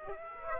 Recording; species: mosquito wingbeat signal from an infrared sensor; Aedes aegypti